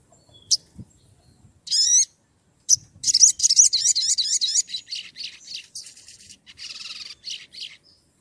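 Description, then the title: Oriental magpie-robin singing varied, high-pitched whistled phrases, a short burst first, then a long run of quick warbled and scratchy notes fading into softer twitters. Loud, constantly singing bird; song played as a lure to provoke other magpie-robins into answering. "Pancingan Suara Siulan Kacer Gacor Mantap Untuk Memancing Kacer Lain Agar Mau Nyaut Bunyi"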